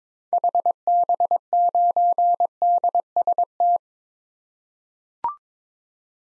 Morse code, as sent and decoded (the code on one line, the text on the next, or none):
.... -... ----. -.. ... -
HB9DST